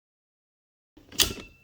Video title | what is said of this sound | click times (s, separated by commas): Air Venturi MICRO STRIKE (Full Review) & Tuning Guide | Snaps back into place. | 1.2 s